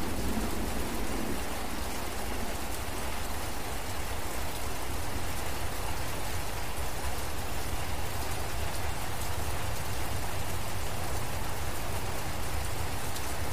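Steady rain falls in a forest, a dense, even hiss spread from low to bright with no breaks across the whole stretch. A low rumble sits underneath throughout, slightly stronger in the first second or so, but no distinct thunderclap stands out.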